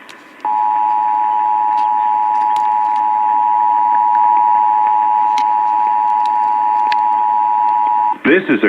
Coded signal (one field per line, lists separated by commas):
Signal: Emergency Alert System (SAME) tones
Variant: 853 and 960 Hz attention tone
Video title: AM/FM Radio (EAS # 506) Kentucky Required Monthly Test